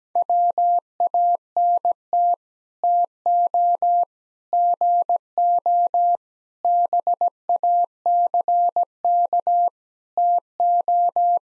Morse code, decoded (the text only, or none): WANT TO GO BACK TO